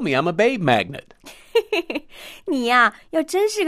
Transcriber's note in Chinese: Giggling